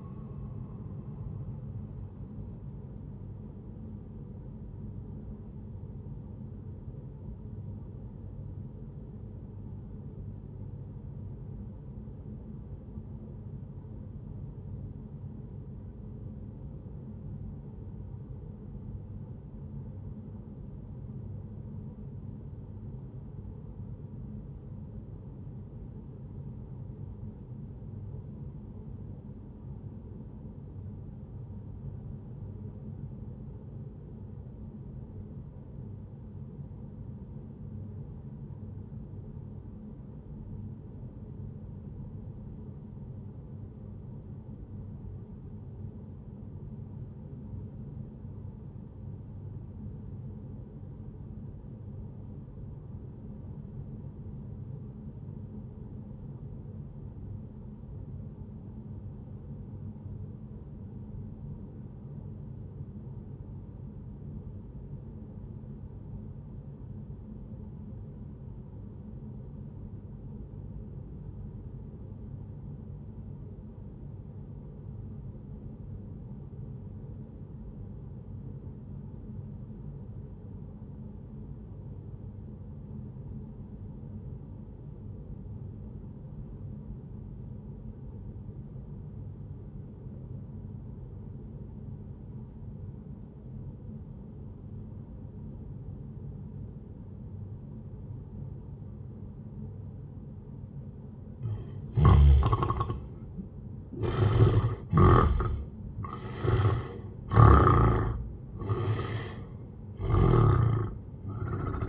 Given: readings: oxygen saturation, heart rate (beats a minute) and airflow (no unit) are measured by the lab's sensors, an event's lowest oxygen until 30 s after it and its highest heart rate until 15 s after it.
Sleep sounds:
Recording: breathing in sleep by a smartphone at the bedside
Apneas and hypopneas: 1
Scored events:
8.00-100.60 s: obstructive apnea (N1, oxygen 97% highest, then 73% lowest, heart rate 73 at the start, 99 highest)
30.00-90.00 s: new sleep stage, REM sleep
90.00-111.89 s: new sleep stage, N1 (lightest sleep)
From the record:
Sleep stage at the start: N1 (lightest sleep)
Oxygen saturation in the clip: 77 to 97%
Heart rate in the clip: 57 to 97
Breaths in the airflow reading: 5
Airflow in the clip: -16.3 to 17.6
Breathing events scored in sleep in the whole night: 131 in 7.2 hours asleep

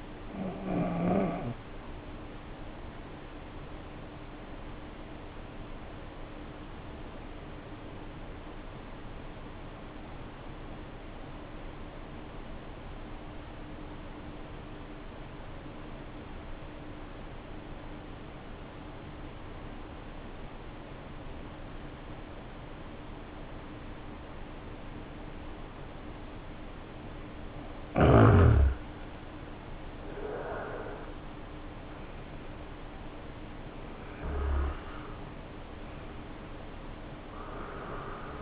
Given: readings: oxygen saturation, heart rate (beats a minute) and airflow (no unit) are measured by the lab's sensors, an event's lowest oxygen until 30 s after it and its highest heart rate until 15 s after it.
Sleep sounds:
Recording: breathing in sleep by a voice recorder at the bedside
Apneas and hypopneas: 1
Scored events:
4.00-30.30 s: hypopnea (N1, oxygen 94% highest, then 78% lowest, heart rate 63 at the start, 72 highest)
12.00-38.42 s: new sleep stage, N2 (light sleep)
From the record:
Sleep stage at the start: N1 (lightest sleep)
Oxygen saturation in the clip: 82 to 94%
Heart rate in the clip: 54 to 72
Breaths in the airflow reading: 5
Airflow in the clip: -6.6 to 7.9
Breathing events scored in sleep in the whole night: 520 in 7.2 hours asleep

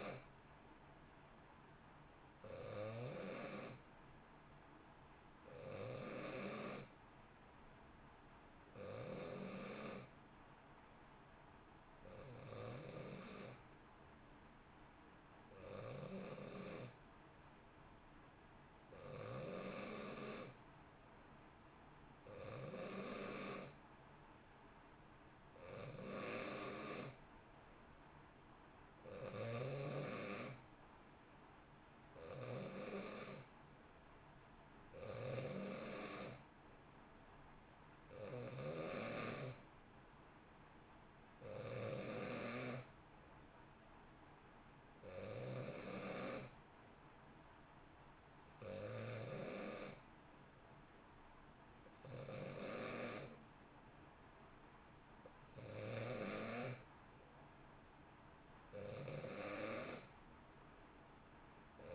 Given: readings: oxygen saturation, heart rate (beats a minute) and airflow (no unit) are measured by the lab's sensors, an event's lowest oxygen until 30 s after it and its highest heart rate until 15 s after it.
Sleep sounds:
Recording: breathing in sleep by a voice recorder at the bedside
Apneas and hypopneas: 1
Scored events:
10.00-27.40 s: hypopnea (N2, oxygen 91% highest, then 88% lowest, heart rate 61 at the start, 66 highest)
From the record:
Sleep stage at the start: N2 (light sleep)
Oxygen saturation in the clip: 88 to 91%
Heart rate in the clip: 58 to 66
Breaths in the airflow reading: 18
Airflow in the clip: -0.9 to 1.2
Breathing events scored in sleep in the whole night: 328 in 6.3 hours asleep

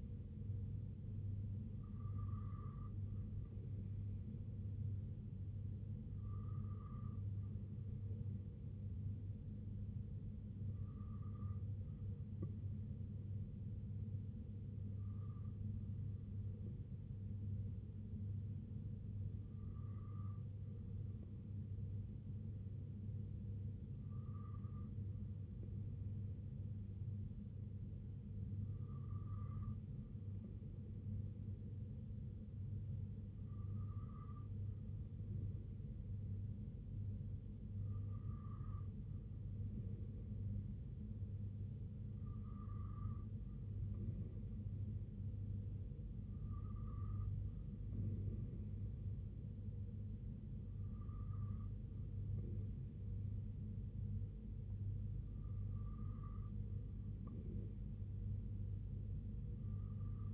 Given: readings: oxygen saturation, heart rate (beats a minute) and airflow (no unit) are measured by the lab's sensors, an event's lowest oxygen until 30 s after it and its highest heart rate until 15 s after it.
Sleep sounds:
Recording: breathing in sleep by a smartphone at the bedside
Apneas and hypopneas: none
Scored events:
none scored
From the record:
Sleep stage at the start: N2 (light sleep)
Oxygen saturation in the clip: 93 to 94%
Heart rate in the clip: 64 to 69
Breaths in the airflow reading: 13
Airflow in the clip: -2.7 to 1.9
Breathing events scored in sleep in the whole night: 258 in 7.4 hours asleep

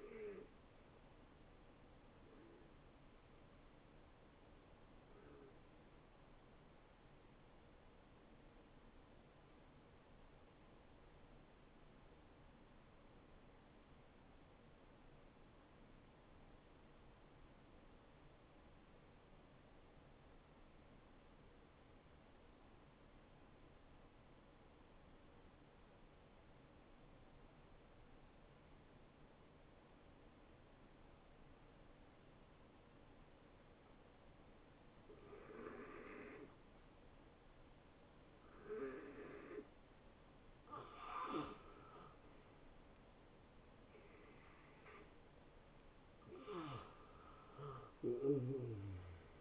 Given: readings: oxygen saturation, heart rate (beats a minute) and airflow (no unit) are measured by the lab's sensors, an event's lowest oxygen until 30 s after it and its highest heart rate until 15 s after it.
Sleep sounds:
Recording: breathing in sleep by a voice recorder at the bedside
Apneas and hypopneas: 1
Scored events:
4.00-39.50 s: hypopnea (N2, oxygen 93% highest, then 84% lowest, heart rate 78 at the start, 79 highest)
4.00-49.41 s: new sleep stage, N2 (light sleep)
From the record:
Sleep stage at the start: N1 (lightest sleep)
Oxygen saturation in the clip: 79 to 93%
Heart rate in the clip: 55 to 81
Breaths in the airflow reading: 6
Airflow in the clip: -19.6 to 8.2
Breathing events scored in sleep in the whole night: 263 in 5.5 hours asleep

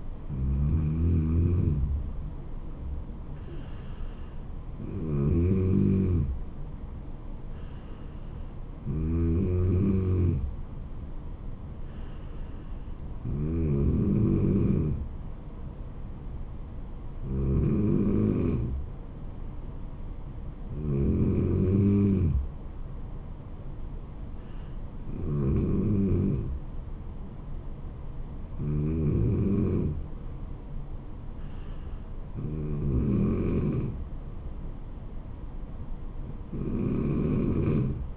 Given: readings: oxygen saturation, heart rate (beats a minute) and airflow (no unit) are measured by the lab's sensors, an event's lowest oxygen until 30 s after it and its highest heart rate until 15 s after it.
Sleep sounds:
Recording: breathing in sleep by a smartphone at the bedside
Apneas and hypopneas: none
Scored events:
none scored
From the record:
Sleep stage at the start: N3 (deep sleep)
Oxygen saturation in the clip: 94 to 95%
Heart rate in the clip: 69 to 77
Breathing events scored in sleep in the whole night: 426 in 7.4 hours asleep

